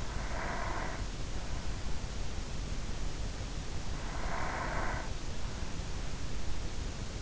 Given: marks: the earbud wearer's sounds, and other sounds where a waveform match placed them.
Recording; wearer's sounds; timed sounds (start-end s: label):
sounds in sleep by an in-ear microphone; breath
0.00-1.06 s: breath
3.90-5.79 s: breath